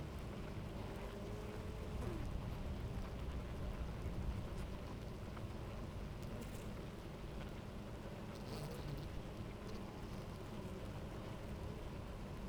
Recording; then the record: honeybee colony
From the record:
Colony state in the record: active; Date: 28 July 2017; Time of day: 10:58